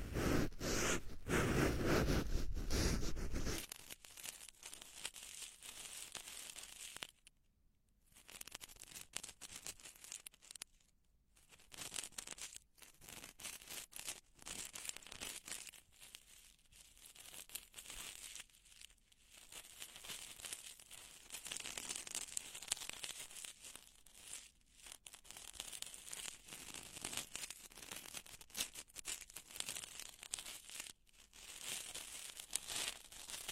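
Crackly ear-picking scratches and rustles come in dense bursts with brief silent gaps, after a loud low thump-like rumble opening the first few seconds.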